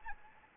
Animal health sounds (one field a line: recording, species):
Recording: mosquito wingbeat signal from an infrared sensor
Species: Anopheles gambiae